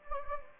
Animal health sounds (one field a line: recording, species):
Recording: mosquito wingbeat signal from an infrared sensor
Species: Anopheles gambiae